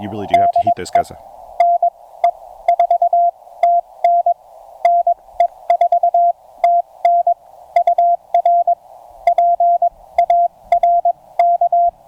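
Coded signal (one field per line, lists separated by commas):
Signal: Morse code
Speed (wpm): 20 wpm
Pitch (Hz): 690 Hz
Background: speech, radio noise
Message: DE NE4TN NE4TN UR PARK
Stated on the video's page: CW park activation with a Penntek TR-35 on 40 m and then 20 m.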